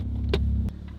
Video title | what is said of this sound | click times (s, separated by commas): KETURI ŽIEDAI PURVO ŠOKIŲ AIKŠTELĖJE? | O, užsifiksavo. | 0.3 s